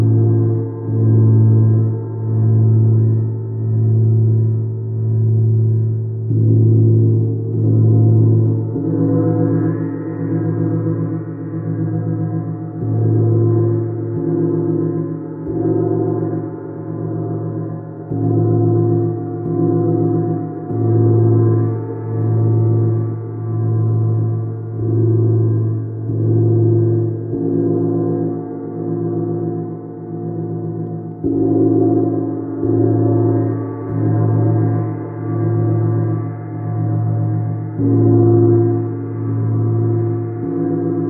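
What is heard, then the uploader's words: A deep gong resonates throughout, its low ringing tones swelling and pulsing in slow waves, with brighter overtones rising around ten and thirty-two seconds. Gong.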